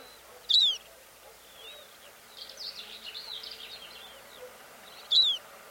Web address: greater short toed lark call